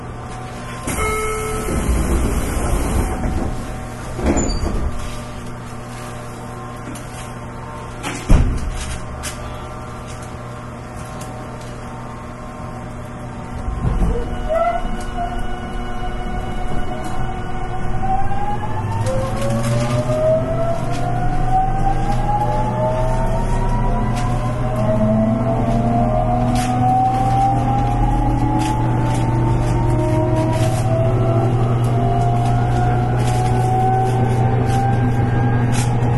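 Inside an electric train as it runs: a steady low hum with clanks and thumps in the first ten seconds, one sharp knock near eight seconds. From about fifteen seconds the motors start a whine of several tones that climbs steadily as the train picks up speed.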